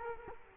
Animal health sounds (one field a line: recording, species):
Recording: mosquito wingbeat signal from an infrared sensor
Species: Culex quinquefasciatus